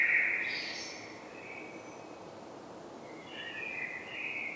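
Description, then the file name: Common blackbird with a fluty whistle at the start, a quieter drawn-out note, then another whistled phrase at the end, with background hiss. "Turdus merula"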